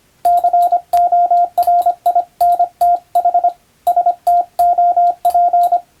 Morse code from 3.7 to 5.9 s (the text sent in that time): STOP